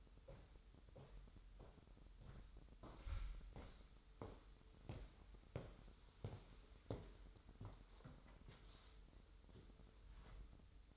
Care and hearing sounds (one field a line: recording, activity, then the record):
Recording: daily activity, microphone in the room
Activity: walk to room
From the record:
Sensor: 3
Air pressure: 988.2 hPa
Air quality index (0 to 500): 185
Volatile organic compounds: 213 ppm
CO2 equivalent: 4254 ppm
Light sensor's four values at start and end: 24/75/31/27 and 24/74/31/27